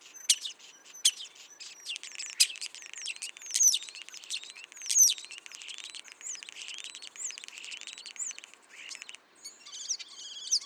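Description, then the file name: Common starling song, very high sharp whistles and ticking clicks woven into a continuous chattering stream. "Spreeuw"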